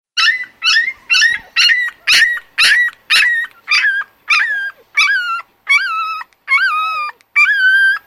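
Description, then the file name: Dog yelping, high whining yelps repeated about twice a second, the later ones longer and more tonal with a rising-falling whine. "Canine"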